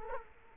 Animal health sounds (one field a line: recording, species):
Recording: mosquito wingbeat signal from an infrared sensor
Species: Culex quinquefasciatus